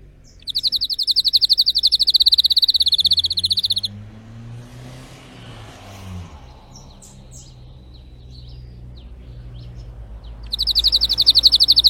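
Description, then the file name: Canary (Spanish Timbrado): canary song in two bursts of fast, even, rattling trills, separated by several seconds of low background hum. Spanish Timbrado canary singing; title also calls it a Belgian canary. "canto do canario belga timbrado espanhol"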